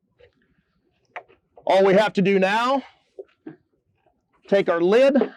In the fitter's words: all the way around the filter and that slides in locks into place real nice